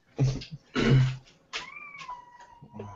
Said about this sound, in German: Ja, war das eine Katze?